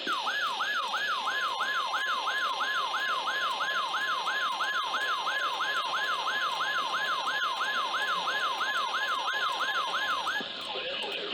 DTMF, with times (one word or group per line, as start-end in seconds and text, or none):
none